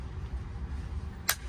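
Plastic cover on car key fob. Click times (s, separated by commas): 1.3 s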